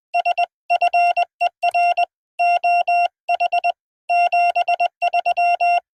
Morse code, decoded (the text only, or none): SFER OH 73